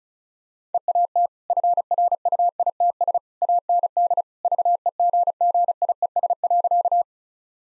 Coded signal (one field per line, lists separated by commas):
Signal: Morse code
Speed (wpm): 36 wpm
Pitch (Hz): 700 Hz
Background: none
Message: EAT FRUITS AND VEGGIES.